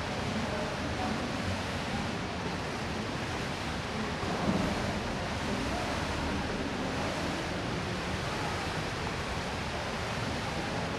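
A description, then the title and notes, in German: Indoor swimming pool ambience: a steady, dense wash of echoing water and soft splashing, with one brief louder splash near the middle. Beruhigende Echos im Hallenbad - Setz dich an den Beckenrand und Lausche dem Rauschen. Lass dich von den sanften Echos des Wassers, dem rhythmischen Plätschern und dem harmonischen Weißrauschen umgeben.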